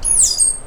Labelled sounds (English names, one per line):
Stitchbird song